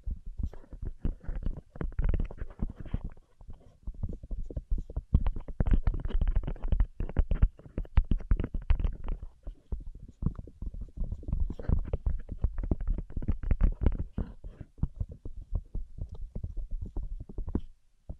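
Rapid tapping fills the whole stretch, dense clusters of quick, irregular taps with heavy low thumps underneath and a lighter clicky top. The pace surges and eases, with brief thinner moments near 3, 10 and 17 seconds. No voice is heard.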